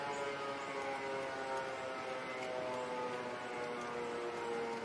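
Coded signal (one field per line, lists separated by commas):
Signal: siren signal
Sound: continuous steady, harmonic-rich siren or horn tone held for the whole clip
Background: outdoor ambience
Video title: Federal Signal Model 7 & Gamewell Diaphone for Rescue Call, Glen Head, NY 7/20/2023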